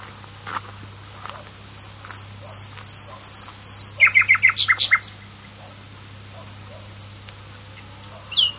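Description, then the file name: Common nightingale song: thin drawn-out whistles, then a short burst of loud rapid notes, and a final high twisted note after a pause. "usignolo"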